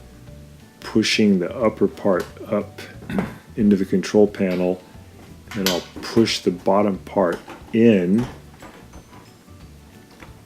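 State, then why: Seated. Someone talks while refitting the front door panel onto a Bosch dishwasher door, pushing the upper edge up into the control panel and then pressing the bottom edge in. The panel clicks into position at 10.2 seconds, a short sharp snap.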